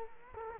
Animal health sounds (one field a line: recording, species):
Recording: mosquito wingbeat signal from an infrared sensor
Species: Culex quinquefasciatus